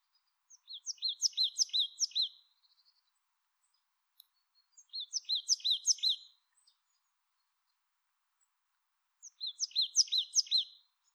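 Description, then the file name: Marsh tit calling in quick, chirpy strings of high repeated notes, three bursts of about two seconds each, separated by silences of two to three seconds. "Poecile palustris"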